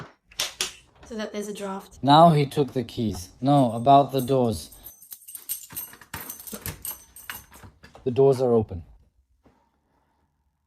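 Someone talks while a door sash is handled and pushed toward its frame keeper, with short sharp rattles around 0.4–0.6 s and 6.1–7.3 s. The door is not yet closed, and its latch has not clicked into the keeper.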